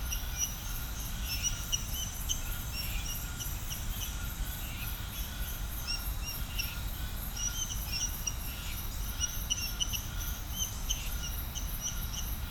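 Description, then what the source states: Chorus of frogs giving many short chirps and trills, steady and overlapping, with a throbbing high insect buzz behind. Chorus of frogs recorded at Serrinha do Alambari, Brazil.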